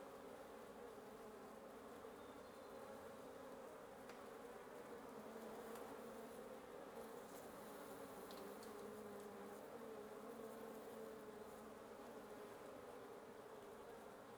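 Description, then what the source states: Wasp swarm buzzing in a steady thick drone, with light scattered clicks and a brief faint whistle in the background. Wasp nest under the roof of a residence in Antigua Guatemala, Guatemala, recorded in the morning; headphone listening recommended.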